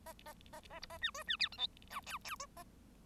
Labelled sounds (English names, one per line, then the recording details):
Bengalese Finch song
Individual Bird1